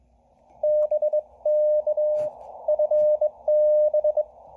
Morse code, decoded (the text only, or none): BK FB